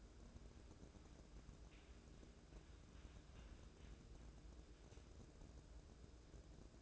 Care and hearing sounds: daily activity, microphone in the room; wipe stove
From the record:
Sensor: 2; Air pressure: 1012.2 hPa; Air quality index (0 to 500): 156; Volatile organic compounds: 2 ppm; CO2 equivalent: 1136 ppm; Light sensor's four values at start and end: 429/1079/420/439 and 427/1073/419/437

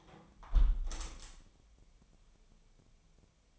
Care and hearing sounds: daily activity, microphone in the room; close window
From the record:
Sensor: 1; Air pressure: 1014.9 hPa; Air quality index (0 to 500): 25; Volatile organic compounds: 1 ppm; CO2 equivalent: 505 ppm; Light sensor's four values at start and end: 11/26/10/11 and 11/25/10/11

